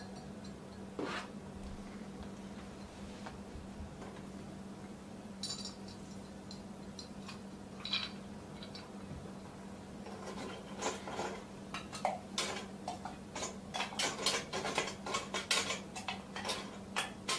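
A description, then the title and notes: Bartender sounds: a steady low hum underneath scattered clinks, rubs and ticks that grow busier and sharper in the last seven seconds. Bartender Sounds.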